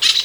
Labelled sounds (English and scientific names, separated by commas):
Brown-throated Parakeet (Eupsittula pertinax) contact call